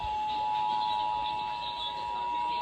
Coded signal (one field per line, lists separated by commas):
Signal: Emergency Alert System (SAME) tones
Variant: 853 and 960 Hz attention tone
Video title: SEPTEMBER RMT MONTH - EAS Tests From 9/20/24 (EAS #2579-2585)